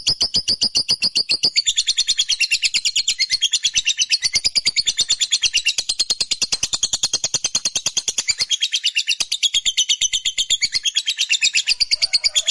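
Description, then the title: Lovebird delivering sustained rapid chatter, dense high-pitched pulses repeated many times a second without pause for over twelve seconds. Fighter-type lovebird performing a long chattering call, called ngekek panjang. "Begitu Dengar Suara Lovebird FIGHTER NGEKEK PANJANG"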